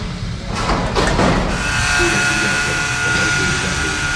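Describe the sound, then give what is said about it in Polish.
A metro train pulling into the station: a loud, steady low rumble with rushing, hissy bursts at first, then a sustained high electric whine of several steady tones as it slows. “Już kolejka podjechała.”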